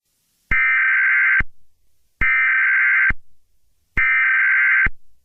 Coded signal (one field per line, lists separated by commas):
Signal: Emergency Alert System (SAME) tones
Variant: header bursts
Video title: EAS Scenario #36: Bowser Attacks